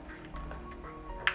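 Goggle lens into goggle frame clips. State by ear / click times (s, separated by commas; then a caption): seated / 0.5 s, 1.3 s. A paintball goggle lens (Dye i5) is reinstalled into its goggle frame with a tool-less clip system: the retaining tabs are pulled back and the clips snap into place. Two sharp clicks are heard at 0.5 s and 1.3 s, the second much louder, over faint background music. The lens is seated and secure again.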